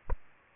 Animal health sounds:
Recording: mosquito wingbeat signal from an infrared sensor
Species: Aedes aegypti

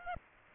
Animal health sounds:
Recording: mosquito wingbeat signal from an infrared sensor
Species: Aedes aegypti

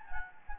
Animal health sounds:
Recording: mosquito wingbeat signal from an infrared sensor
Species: Anopheles gambiae

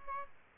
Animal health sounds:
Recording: mosquito wingbeat signal from an infrared sensor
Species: Aedes aegypti

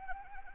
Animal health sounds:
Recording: mosquito wingbeat signal from an infrared sensor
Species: Anopheles arabiensis

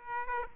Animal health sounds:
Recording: mosquito wingbeat signal from an infrared sensor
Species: Aedes aegypti

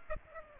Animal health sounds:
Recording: mosquito wingbeat signal from an infrared sensor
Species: Aedes aegypti

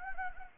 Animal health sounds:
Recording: mosquito wingbeat signal from an infrared sensor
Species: Anopheles gambiae

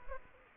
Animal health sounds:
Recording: mosquito wingbeat signal from an infrared sensor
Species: Aedes aegypti

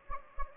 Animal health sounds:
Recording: mosquito wingbeat signal from an infrared sensor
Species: Anopheles gambiae

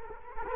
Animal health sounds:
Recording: mosquito wingbeat signal from an infrared sensor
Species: Culex quinquefasciatus

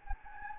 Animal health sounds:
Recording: mosquito wingbeat signal from an infrared sensor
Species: Anopheles gambiae

